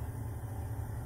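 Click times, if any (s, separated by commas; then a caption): none. The plastic front housing of a Klein MM200 multimeter is lowered front edge first into its case and pressed down by hand during reassembly after a display repair. Only a steady low hum and faint broadband hiss are heard, with no distinct click. Nothing has seated or clicked yet when the clip ends.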